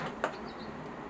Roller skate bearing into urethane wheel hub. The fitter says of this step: and you'll like hear it pop in too and you can see where it like lines up